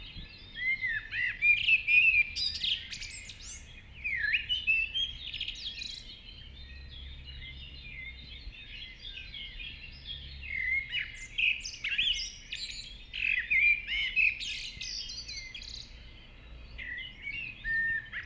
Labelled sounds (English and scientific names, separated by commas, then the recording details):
Common Blackbird (Turdus merula) song
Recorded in the wild
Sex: male
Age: adult
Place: Villach, Kärnten, AT
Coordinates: 46.6, 13.85
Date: 1969-05-22
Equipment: Uher 4000, Philips Mikrofon Type EL 6020
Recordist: Brunner, Thomas